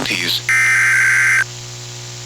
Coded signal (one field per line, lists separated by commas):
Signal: Emergency Alert System (SAME) tones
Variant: header bursts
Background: speech